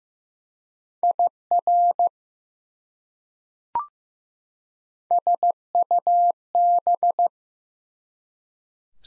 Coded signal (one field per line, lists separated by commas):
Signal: Morse code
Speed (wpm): 15 wpm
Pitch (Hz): 700 Hz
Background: none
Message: IR SUB